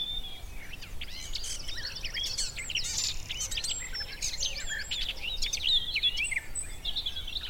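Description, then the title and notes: Garden warbler song: a hurried, sustained babble of mellow whistled and chattering notes, pouring out without pause, over low steady noise. Male garden warbler singing in spring on a scrubby hillside with hawthorns in bloom; a migrant with a fluted, rather frenetic song; recorded by Fergus Collins. "Sound escape 65: be enchanted by the little-known song of the garden warbler. the scrubby hillside hawthorns burst into bloom. a male garden warbler into his fluted song. Recorded by Fergus Collins"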